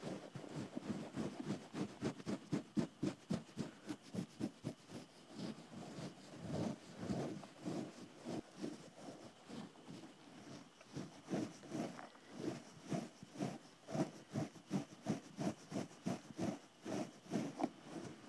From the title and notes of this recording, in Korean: 풀벌레 소리가 들리는 귀청소 샵 롤플레이 ASMR.